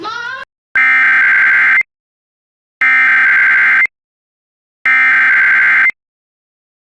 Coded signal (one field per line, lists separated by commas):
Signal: Emergency Alert System (SAME) tones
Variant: header bursts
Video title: EAS Mock: Mom The EAS went off!